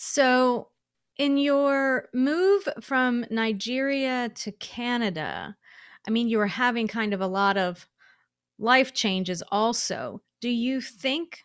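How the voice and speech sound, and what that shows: Clear, fluent conversational speech from one adult woman asking a question, with natural pauses and a steady voice.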